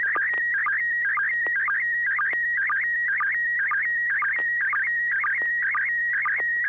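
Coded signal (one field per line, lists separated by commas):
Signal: SSTV (slow-scan television)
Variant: PD120 mode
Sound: warbling tone around 1.5-2.3 kHz with a regular low sync blip about twice a second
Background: low hum, occasional clicks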